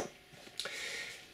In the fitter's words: just cartridge simple Clicks in place no issues okay